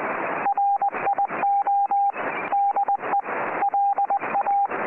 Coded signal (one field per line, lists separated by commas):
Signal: Morse code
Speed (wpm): 20 wpm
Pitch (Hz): 800 Hz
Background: radio noise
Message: RIO DE LA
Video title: CWA Cerrito Radio (Montevideo, Uruguay) - 8602 kHz CW